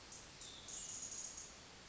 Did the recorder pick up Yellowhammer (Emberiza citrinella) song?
no